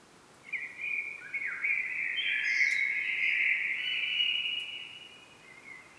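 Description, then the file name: Common blackbird delivering one long, smooth, fluty phrase that swells and then fades, with a brief high chirp in the middle. "Turdus merula"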